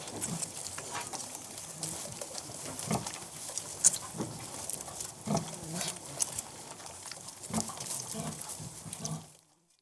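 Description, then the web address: Domestic pig piglets suckling, with busy sucking and smacking sounds over a steady rustle, stopping abruptly near the end. "The BBC Sound Effects Library. Piglets Sucking"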